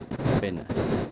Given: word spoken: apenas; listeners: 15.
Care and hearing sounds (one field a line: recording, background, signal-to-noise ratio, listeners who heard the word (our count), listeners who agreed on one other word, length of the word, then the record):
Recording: one Spanish word in noise, from a listening test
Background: noise modulated by one talker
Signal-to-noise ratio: -8.1 dB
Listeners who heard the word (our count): 0 of 15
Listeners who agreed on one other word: 8 of 15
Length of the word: 0.71 s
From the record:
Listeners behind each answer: 8, 2, 2, 1, 1, 1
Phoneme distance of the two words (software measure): 7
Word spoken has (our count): 3 syllables, 6 phonemes, stress on syllable 2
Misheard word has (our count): 2 syllables, 5 phonemes, stress on syllable 1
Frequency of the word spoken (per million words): 160.20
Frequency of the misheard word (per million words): 22.00